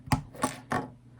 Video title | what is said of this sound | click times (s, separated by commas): "LIVESTREAM": Building The Harry Potter Fluffy Lego Set - WizardingAlice | I love that sound when they snap into place. | 0.1 s, 0.7 s